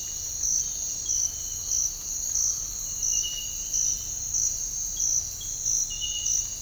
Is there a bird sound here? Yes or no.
no